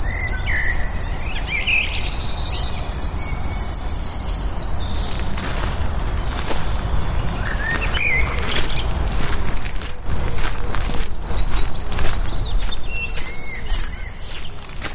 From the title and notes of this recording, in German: Morgens mit dem Hund raus. Ein Spaziergang im Wald mit Hund, begleitet von vielen Vögeln.